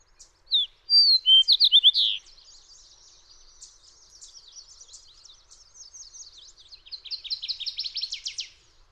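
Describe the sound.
Fox sparrow song: a loud burst of rich, slurred whistled notes lasting under two seconds, followed by fainter buzzy trills from other birds.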